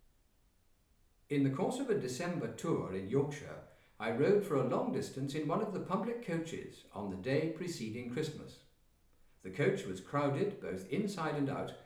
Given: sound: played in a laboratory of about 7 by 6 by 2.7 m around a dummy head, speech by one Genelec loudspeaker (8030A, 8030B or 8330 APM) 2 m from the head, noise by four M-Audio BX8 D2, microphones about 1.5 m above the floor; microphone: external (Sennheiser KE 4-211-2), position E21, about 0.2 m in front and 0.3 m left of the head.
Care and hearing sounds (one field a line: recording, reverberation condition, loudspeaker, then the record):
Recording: male speech in English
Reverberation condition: medium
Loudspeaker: 120 degrees to the left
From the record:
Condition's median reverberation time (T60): about 510 ms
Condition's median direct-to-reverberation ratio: about -0.5 dB